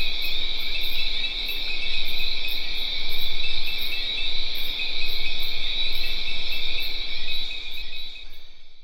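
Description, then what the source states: Crickets chirping in a dense, steady high chorus with a slow pulsing and a low rumble underneath, fading out at the end. Recorded at dusk near le Grand Etang, Guadeloupe, in tropical forest; Sony PCM D50 recorder, Rode NT4 microphone, FEL preamp.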